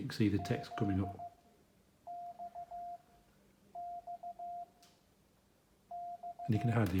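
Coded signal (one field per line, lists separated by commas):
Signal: Morse code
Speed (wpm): 15 wpm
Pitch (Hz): 700 Hz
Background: speech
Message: Z X X X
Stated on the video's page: Real Morse QSO sent on a Hi Mound HK-707 key by an operator relearning code.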